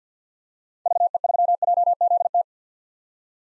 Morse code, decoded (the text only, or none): VE3JZT